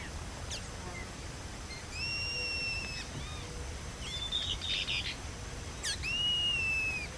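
Bird whistles: long, steady high whistled notes, a brief chirping burst in the middle, and a final sustained whistle.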